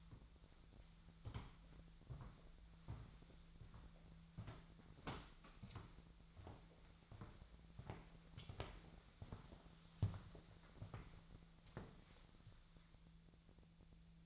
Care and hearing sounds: daily activity, microphone in the room; walk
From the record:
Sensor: 3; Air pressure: 1008.3 hPa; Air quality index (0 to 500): 191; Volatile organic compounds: 14 ppm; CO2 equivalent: 2458 ppm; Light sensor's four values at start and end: 16/38/16/16 and 16/38/16/17

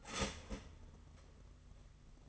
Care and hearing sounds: daily activity, microphone in the room; start toaster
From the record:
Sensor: 4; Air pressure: 992.4 hPa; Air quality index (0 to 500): 144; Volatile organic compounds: 83 ppm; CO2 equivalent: 3629 ppm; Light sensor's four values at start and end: 18/61/22/23 and 18/62/23/24

